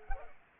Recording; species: mosquito wingbeat signal from an infrared sensor; Culex pipiens